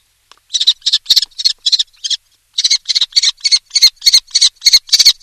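Common Kestrel uttering a rapid string of sharp, shrill notes, a short break, then a continuing run.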